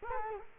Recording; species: mosquito wingbeat signal from an infrared sensor; Culex quinquefasciatus